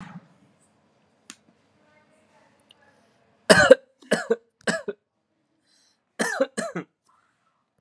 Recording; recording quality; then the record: heavy voluntary cough; excellent, no background noise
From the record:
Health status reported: recovered from COVID-19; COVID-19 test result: negative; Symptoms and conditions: asthma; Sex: male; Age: 26 years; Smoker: not ticked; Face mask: not worn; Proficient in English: yes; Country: India